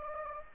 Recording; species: mosquito wingbeat signal from an infrared sensor; Anopheles gambiae